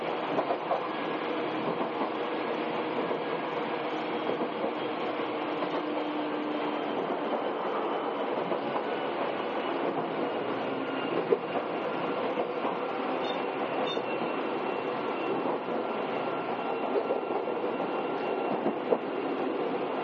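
A ride aboard an Izukyu 8000 series train, recorded along the Izukyu line between Izukyu-Shimoda and Ito. The rumble of the running carriage holds steady and dense throughout, with faint wheel clicks and a brief sharp knock near eleven seconds. A thin squeal appears around fourteen seconds.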